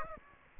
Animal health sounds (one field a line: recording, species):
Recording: mosquito wingbeat signal from an infrared sensor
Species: Aedes aegypti